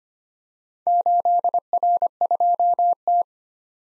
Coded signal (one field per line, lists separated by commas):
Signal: Morse code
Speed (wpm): 25 wpm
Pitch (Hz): 700 Hz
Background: none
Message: 8R2T